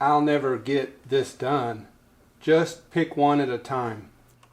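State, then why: Not seated. A wiring harness plug is being handled at the control box connector of a Juki LU-2810-7 industrial sewing machine. Someone talks throughout, with a faint sharp sound right at the end. Nothing has seated or clicked yet.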